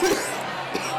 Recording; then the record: coughing mixed with background sound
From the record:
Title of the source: 31 night wet cough